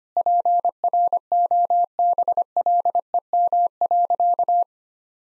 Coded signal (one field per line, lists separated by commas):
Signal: Morse code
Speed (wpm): 25 wpm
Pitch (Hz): 700 Hz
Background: none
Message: PROBLEM.